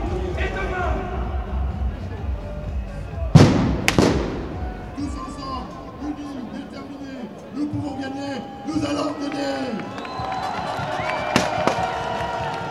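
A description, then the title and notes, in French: Protest ambience with a crowd of voices talking, two sharp bangs near the three- and four-second marks, and shouted or chanted calls afterward. Ambiance dans la manifestation du 22 mars à Paris by Radio Parleur.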